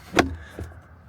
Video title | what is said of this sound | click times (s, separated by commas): Does the WolfBox G900 Tripro Live Up to the Hype? Full Install and First Impressions | that I got it back locked into place. | 0.2 s